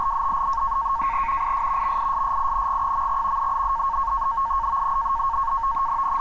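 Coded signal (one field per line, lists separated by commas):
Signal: NAVTEX (SITOR-B)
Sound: continuous fast warbling chirp between two close tones around 1 kHz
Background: radio static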